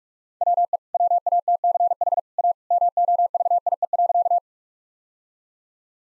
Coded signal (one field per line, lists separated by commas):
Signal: Morse code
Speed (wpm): 41 wpm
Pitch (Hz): 700 Hz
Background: none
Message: WE WATCH A MOVIE.